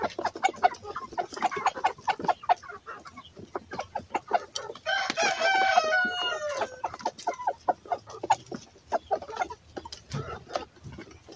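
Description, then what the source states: Chicken: rooster crowing once in a long harmonic call, amid irregular clucking before and after. Rooster calling hens to come and eat watermelon.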